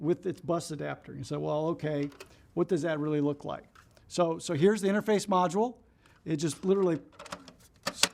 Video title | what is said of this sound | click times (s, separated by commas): SIMATIC ET 200SP HA - 探索MTA解決方案的實體元件 | just literally snaps in place done there's my interface module | 8.0 s